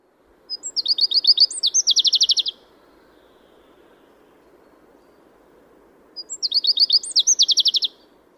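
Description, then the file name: Common chaffinch song: two phrases of rapid repeated high notes, about six seconds apart, over a quiet background. "Fringilla coelebs"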